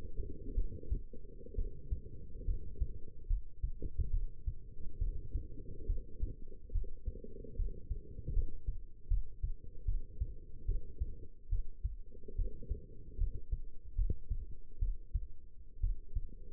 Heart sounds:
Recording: heart sounds by stethoscope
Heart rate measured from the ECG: 71 bpm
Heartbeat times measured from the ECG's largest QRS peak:
0.55 s: heartbeat
1.55 s: heartbeat
2.45 s: heartbeat
3.27 s: heartbeat
4.11 s: heartbeat
4.99 s: heartbeat
5.87 s: heartbeat
6.72 s: heartbeat
7.56 s: heartbeat
8.33 s: heartbeat
9.08 s: heartbeat
9.85 s: heartbeat
10.65 s: heartbeat
11.49 s: heartbeat
12.36 s: heartbeat
13.18 s: heartbeat
13.95 s: heartbeat
14.79 s: heartbeat
15.80 s: heartbeat
From the record:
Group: healthy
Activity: cold pressor test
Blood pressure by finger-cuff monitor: 149/90 mmHg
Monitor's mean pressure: 111 mmHg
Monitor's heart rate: 71 bpm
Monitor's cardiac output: 6.4 L/min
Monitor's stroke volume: 90 mL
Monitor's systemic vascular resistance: 1310 dyn s/cm5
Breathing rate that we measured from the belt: 12 breaths a minute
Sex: female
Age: 22 years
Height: 171 cm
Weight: 65.6 kg

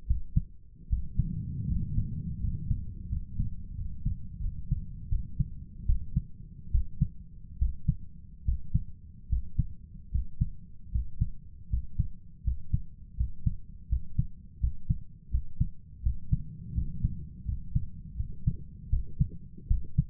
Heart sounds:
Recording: heart sounds by stethoscope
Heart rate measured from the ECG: 80 bpm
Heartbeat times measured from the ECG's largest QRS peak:
0.05 s: heartbeat
0.88 s: heartbeat
1.66 s: heartbeat
2.39 s: heartbeat
3.08 s: heartbeat
3.74 s: heartbeat
4.39 s: heartbeat
5.08 s: heartbeat
5.85 s: heartbeat
6.70 s: heartbeat
7.57 s: heartbeat
8.43 s: heartbeat
9.28 s: heartbeat
10.10 s: heartbeat
10.90 s: heartbeat
11.68 s: heartbeat
12.42 s: heartbeat
13.15 s: heartbeat
13.87 s: heartbeat
14.59 s: heartbeat
15.29 s: heartbeat
16.01 s: heartbeat
16.73 s: heartbeat
17.44 s: heartbeat
18.15 s: heartbeat
18.88 s: heartbeat
19.66 s: heartbeat
From the record:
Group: healthy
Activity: rest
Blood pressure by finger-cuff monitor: 89/60 mmHg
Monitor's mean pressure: 70 mmHg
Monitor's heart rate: 81 bpm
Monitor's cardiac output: 6.8 L/min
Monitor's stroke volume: 87 mL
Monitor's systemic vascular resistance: 730 dyn s/cm5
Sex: male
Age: 23 years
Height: 178 cm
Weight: 96.6 kg

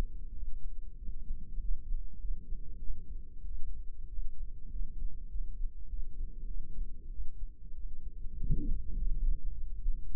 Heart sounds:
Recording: heart sounds by microphone in the right ear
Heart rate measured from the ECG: 98 bpm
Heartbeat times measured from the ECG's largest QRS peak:
0.34 s: heartbeat
0.99 s: heartbeat
1.61 s: heartbeat
2.21 s: heartbeat
2.81 s: heartbeat
3.45 s: heartbeat
4.09 s: heartbeat
4.72 s: heartbeat
5.31 s: heartbeat
5.89 s: heartbeat
6.47 s: heartbeat
7.11 s: heartbeat
7.76 s: heartbeat
8.38 s: heartbeat
8.97 s: heartbeat
9.54 s: heartbeat
10.11 s: heartbeat
From the record:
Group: healthy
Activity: rest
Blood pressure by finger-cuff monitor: 103/70 mmHg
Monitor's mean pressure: 85 mmHg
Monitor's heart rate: 95 bpm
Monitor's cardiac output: 8.2 L/min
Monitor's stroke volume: 83 mL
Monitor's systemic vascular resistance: 770 dyn s/cm5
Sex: female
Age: 22 years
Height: 161 cm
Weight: 65.5 kg

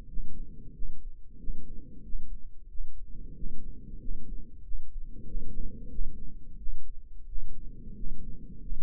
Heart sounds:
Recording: heart sounds by microphone in the right ear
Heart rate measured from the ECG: 91 bpm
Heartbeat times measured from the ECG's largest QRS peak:
0.08 s: heartbeat
0.73 s: heartbeat
1.38 s: heartbeat
2.03 s: heartbeat
2.69 s: heartbeat
3.34 s: heartbeat
3.99 s: heartbeat
4.63 s: heartbeat
5.25 s: heartbeat
5.89 s: heartbeat
6.57 s: heartbeat
7.26 s: heartbeat
7.95 s: heartbeat
8.60 s: heartbeat
From the record:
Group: healthy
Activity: rest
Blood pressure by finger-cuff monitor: 120/64 mmHg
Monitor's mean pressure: 82 mmHg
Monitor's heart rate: 92 bpm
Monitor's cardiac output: 9.6 L/min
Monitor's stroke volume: 105 mL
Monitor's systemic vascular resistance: 610 dyn s/cm5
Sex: male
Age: 24 years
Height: 184 cm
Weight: 89 kg

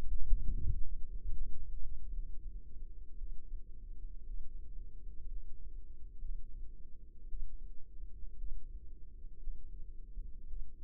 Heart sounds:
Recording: heart sounds by microphone in the left ear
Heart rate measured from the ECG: 57 bpm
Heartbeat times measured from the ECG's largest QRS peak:
1.05 s: heartbeat
2.10 s: heartbeat
3.17 s: heartbeat
4.25 s: heartbeat
5.27 s: heartbeat
6.20 s: heartbeat
7.28 s: heartbeat
8.37 s: heartbeat
9.39 s: heartbeat
10.47 s: heartbeat
From the record:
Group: healthy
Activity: rest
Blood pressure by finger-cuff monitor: 88/52 mmHg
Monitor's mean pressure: 64 mmHg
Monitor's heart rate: 56 bpm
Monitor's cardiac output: 5.1 L/min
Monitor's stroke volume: 91 mL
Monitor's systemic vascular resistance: 890 dyn s/cm5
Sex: female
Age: 28 years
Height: 170 cm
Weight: 77 kg

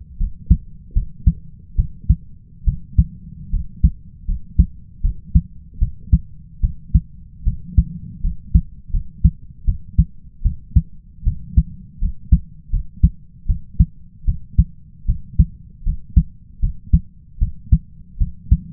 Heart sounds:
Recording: heart sounds by stethoscope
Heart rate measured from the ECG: 77 bpm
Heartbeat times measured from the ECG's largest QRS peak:
0.18 s: heartbeat
0.94 s: heartbeat
1.76 s: heartbeat
2.65 s: heartbeat
3.51 s: heartbeat
4.26 s: heartbeat
5.02 s: heartbeat
5.79 s: heartbeat
6.61 s: heartbeat
7.44 s: heartbeat
8.21 s: heartbeat
8.91 s: heartbeat
9.65 s: heartbeat
10.43 s: heartbeat
11.24 s: heartbeat
11.99 s: heartbeat
12.71 s: heartbeat
13.47 s: heartbeat
14.25 s: heartbeat
15.06 s: heartbeat
15.84 s: heartbeat
16.60 s: heartbeat
17.39 s: heartbeat
18.18 s: heartbeat
From the record:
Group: healthy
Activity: cold pressor test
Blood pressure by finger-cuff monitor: 127/79 mmHg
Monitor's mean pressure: 94 mmHg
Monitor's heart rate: 79 bpm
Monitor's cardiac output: 5.6 L/min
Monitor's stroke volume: 73 mL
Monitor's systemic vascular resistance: 1230 dyn s/cm5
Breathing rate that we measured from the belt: 16 breaths a minute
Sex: male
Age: 20 years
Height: 167 cm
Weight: 61 kg

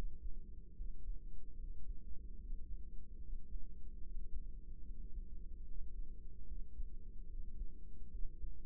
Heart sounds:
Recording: heart sounds by microphone in the right ear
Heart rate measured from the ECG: 74 bpm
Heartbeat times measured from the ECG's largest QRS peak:
0.74 s: heartbeat
1.56 s: heartbeat
2.39 s: heartbeat
3.21 s: heartbeat
4.03 s: heartbeat
4.84 s: heartbeat
5.64 s: heartbeat
6.45 s: heartbeat
7.27 s: heartbeat
8.09 s: heartbeat
From the record:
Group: healthy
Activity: breath hold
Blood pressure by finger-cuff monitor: 105/62 mmHg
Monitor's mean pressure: 79 mmHg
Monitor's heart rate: 73 bpm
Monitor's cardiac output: 6.5 L/min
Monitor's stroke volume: 89 mL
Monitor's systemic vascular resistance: 870 dyn s/cm5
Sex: female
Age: 24 years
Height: 163 cm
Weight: 55.7 kg

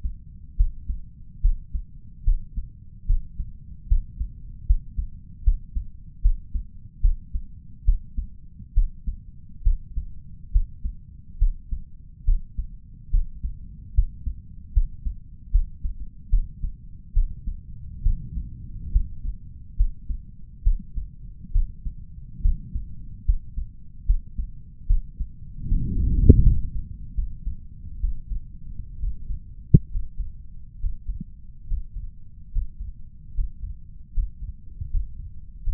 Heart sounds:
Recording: heart sounds by stethoscope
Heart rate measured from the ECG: 72 bpm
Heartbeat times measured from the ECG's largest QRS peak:
0.56 s: heartbeat
1.41 s: heartbeat
2.24 s: heartbeat
3.06 s: heartbeat
3.87 s: heartbeat
4.66 s: heartbeat
5.43 s: heartbeat
6.21 s: heartbeat
7.01 s: heartbeat
7.84 s: heartbeat
8.73 s: heartbeat
9.63 s: heartbeat
10.51 s: heartbeat
11.38 s: heartbeat
12.24 s: heartbeat
13.10 s: heartbeat
13.94 s: heartbeat
14.73 s: heartbeat
15.51 s: heartbeat
16.29 s: heartbeat
17.13 s: heartbeat
18.02 s: heartbeat
18.92 s: heartbeat
19.76 s: heartbeat
20.63 s: heartbeat
21.52 s: heartbeat
22.41 s: heartbeat
23.25 s: heartbeat
24.05 s: heartbeat
24.86 s: heartbeat
25.68 s: heartbeat
26.42 s: heartbeat
27.14 s: heartbeat
27.99 s: heartbeat
28.98 s: heartbeat
29.89 s: heartbeat
30.78 s: heartbeat
31.66 s: heartbeat
32.50 s: heartbeat
33.33 s: heartbeat
34.12 s: heartbeat
34.89 s: heartbeat
35.61 s: heartbeat
From the record:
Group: healthy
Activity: rest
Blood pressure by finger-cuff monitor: 105/66 mmHg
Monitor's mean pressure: 81 mmHg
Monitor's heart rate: 71 bpm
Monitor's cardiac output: 5.5 L/min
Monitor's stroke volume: 77 mL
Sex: male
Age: 35 years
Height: 178 cm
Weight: 64 kg

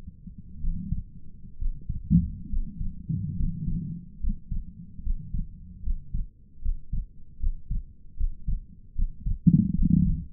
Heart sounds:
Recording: heart sounds by stethoscope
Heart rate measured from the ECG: 72 bpm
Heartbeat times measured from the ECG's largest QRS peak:
0.62 s: heartbeat
1.59 s: heartbeat
2.50 s: heartbeat
3.37 s: heartbeat
4.21 s: heartbeat
5.04 s: heartbeat
5.84 s: heartbeat
6.63 s: heartbeat
7.40 s: heartbeat
8.18 s: heartbeat
8.96 s: heartbeat
9.76 s: heartbeat
From the record:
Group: healthy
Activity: breath hold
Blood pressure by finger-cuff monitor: 99/50 mmHg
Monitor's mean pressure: 59 mmHg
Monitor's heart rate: 71 bpm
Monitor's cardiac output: 7 L/min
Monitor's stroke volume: 96 mL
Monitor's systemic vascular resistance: 560 dyn s/cm5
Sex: male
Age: 22 years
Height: 181 cm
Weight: 79 kg

